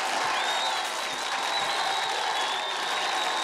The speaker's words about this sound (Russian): Вместе с мальчишками аплодируют преподаватели.